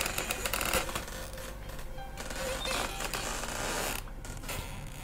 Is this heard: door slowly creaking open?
yes